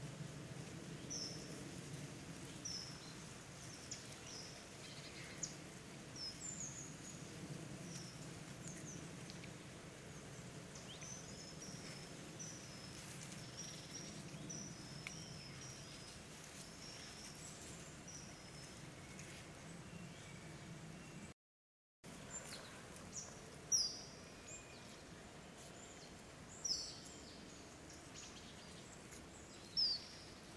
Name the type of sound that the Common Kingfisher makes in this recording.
flight call